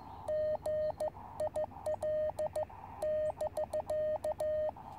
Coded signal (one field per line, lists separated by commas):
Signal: Morse code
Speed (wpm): 14 wpm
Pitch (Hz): 610 Hz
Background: radio noise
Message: GIL <BK>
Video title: Sunny Afternoon QRP Radio on 30m With 2W & 17ft Antenna.